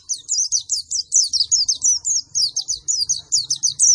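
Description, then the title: White-eye song, a steady run of quick, high chirps repeated several times a second. Energetic 'gacor' singing after being doped with Metabolis and You C 1000. "Pleci Gacor. Beginilah Hasil Perform Pleci Dengan Doping Metabolis You C 1000"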